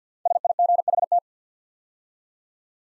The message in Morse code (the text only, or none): SIGHT